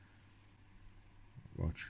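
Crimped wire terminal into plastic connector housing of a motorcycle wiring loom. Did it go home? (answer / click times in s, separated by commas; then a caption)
no / none. A crimped wire terminal for the plastic connector housing of a motorcycle wiring loom, on a 1999 Yamaha DTR 125 with a 1988 3DB engine, loom and CDI, is lined up with the housing before being pushed home. Someone talks briefly near the end over a low background hum. Nothing has seated or clicked yet.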